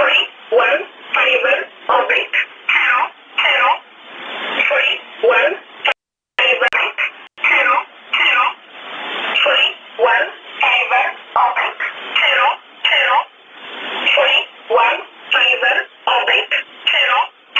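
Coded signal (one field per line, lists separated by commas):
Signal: numbers station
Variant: E11 Oblique, English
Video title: 29 12 2018 E11 Oblique Numbers station in English to Eu 0805 on 7377 unknown tx site in USB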